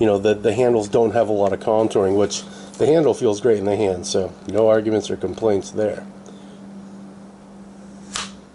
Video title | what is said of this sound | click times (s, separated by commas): 100th Video - Announcements - Kydex Sheaths - Mack Tightwad - Bahco Laplander Sheath | it goes in with a nice little click so hopefully he's happy with that one because | 8.2 s